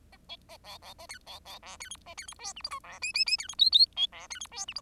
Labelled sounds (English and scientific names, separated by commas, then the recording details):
Bengalese Finch (Lonchura striata domestica) song
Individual Bird10